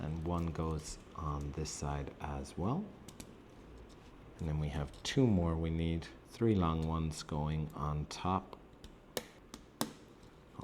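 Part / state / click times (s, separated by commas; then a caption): long plastic Technic pieces onto a toy backhoe frame / seated / 9.2 s, 9.8 s. Long plastic Technic pieces are pressed onto the top of a toy backhoe frame while someone talks. Sharp clicks at 9.2 s and 9.8 s mark the pieces seating into place.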